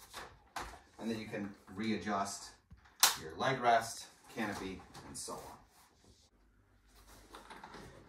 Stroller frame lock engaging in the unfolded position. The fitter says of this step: at that point, you can lift up the whole thing, and it'll click into place.